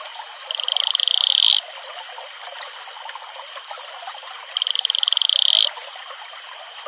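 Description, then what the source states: Atelopus franciscus gives two high pulsed trills, each about a second long and ending abruptly, with flowing stream water in the background between calls. Male advertisement call.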